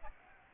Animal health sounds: mosquito wingbeat signal from an infrared sensor; Aedes aegypti

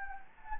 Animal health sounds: mosquito wingbeat signal from an infrared sensor; Anopheles gambiae

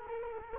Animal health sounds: mosquito wingbeat signal from an infrared sensor; Culex quinquefasciatus

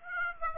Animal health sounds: mosquito wingbeat signal from an infrared sensor; Aedes aegypti

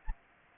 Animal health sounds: mosquito wingbeat signal from an infrared sensor; Anopheles arabiensis

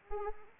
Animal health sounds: mosquito wingbeat signal from an infrared sensor; Anopheles arabiensis

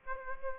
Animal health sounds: mosquito wingbeat signal from an infrared sensor; Aedes aegypti

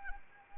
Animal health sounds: mosquito wingbeat signal from an infrared sensor; Anopheles arabiensis

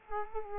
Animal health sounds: mosquito wingbeat signal from an infrared sensor; Culex quinquefasciatus

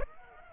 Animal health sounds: mosquito wingbeat signal from an infrared sensor; Aedes aegypti

